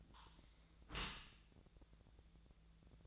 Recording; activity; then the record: daily activity, microphone in the room; close dishwasher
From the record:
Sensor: 3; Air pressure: 1000.5 hPa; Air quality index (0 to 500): 177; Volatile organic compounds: 3 ppm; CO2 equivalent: 1528 ppm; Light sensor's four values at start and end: 13/36/14/15 and 13/36/14/15